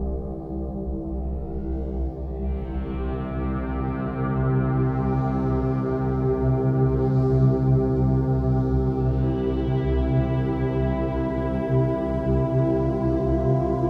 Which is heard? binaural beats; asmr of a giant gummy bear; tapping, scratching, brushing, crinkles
binaural beats